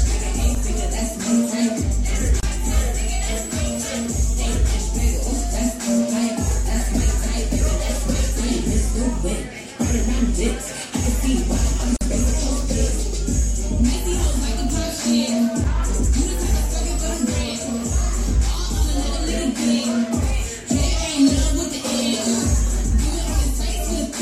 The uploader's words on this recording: Central 111 Virginia Beach Party Cam. The lively sounds from within Central 111.